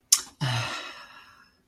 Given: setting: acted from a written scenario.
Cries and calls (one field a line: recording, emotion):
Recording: vocal sound without words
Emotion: romantic love